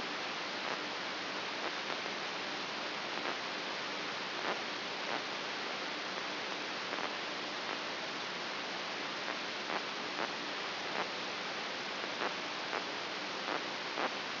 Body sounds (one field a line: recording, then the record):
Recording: brain microelectrode recording played as sound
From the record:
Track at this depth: outside the subthalamic nucleus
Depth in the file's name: 4.622 mm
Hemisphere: left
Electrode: 3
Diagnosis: Parkinson's disease